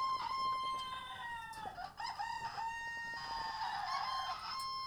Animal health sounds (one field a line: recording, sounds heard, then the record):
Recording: poultry house recording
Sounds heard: sick chickens (respiratory disease)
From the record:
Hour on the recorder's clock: 7